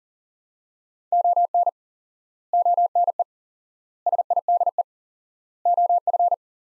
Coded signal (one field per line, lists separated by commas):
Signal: Morse code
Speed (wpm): 40 wpm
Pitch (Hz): 700 Hz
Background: none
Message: ON ONE SIDE OF